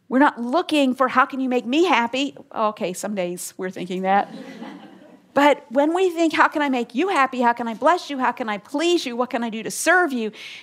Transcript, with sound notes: We’re not looking for, “How can you make me happy”—okay, some days we’re thinking that. (laughter) But when we think, How can I make you happy? How can I bless you? How can I please you? What can I do to serve you?